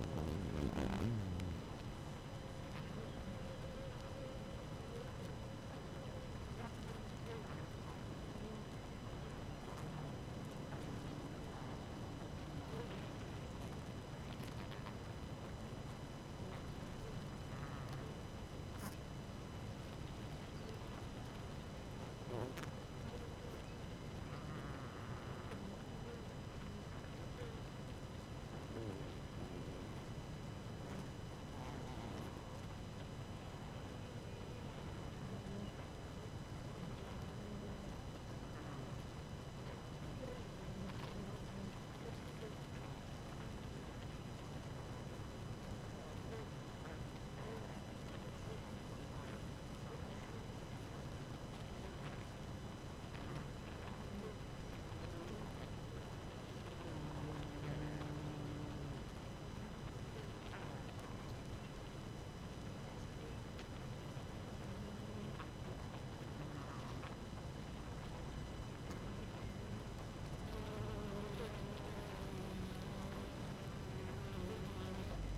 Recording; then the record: honeybee colony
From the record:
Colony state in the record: active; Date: 12 June 2018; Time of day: 4:31